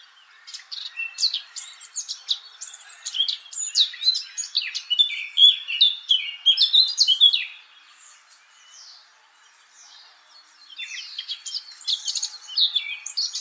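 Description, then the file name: Eurasian blackcap song: a fast, loud warbling phrase of varied high notes for about seven seconds, a quiet pause, then a second bright, scratchy burst. "Sylvia atricapilla"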